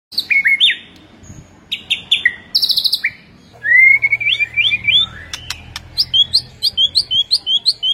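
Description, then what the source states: White-rumped shama singing varied whistles and chirps, with a smooth upward slide and a series of quick repeated high notes near the end. Training track of rolling song with sharp piercing notes, the ngerol and nembak song styles.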